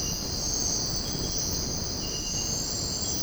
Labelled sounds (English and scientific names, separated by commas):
none